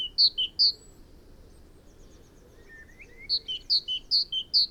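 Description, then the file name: Great tit song in two bursts of see-sawing high and low notes, separated by a pause with a soft chirp. "Parus major"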